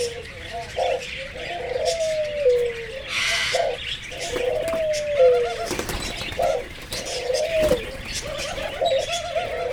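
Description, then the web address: Barbary dove cooing in short phrases, several ending in a drawn-out falling slur, over steady chirping and twittering of other birds. Zoo bird at Jászberény, recorded in 2016. "jaszberenyizoo 2016 professzionalis madarak alapbolkacagogerle"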